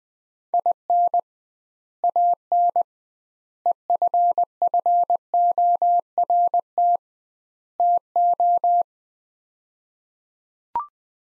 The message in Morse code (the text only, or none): IN AN EFFORT TO